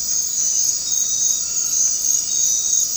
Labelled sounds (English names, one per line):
none